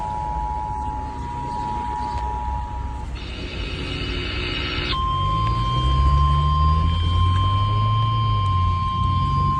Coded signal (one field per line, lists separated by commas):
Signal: Emergency Alert System (SAME) tones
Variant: 853 and 960 Hz attention tone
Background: speech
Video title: EAS Flash Flood Warning FM Radio 7/8/25 EAS#288